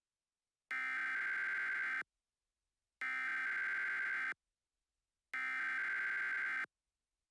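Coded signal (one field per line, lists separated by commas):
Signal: Emergency Alert System (SAME) tones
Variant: header bursts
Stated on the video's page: Fictional EAS scenario about an alien invasion.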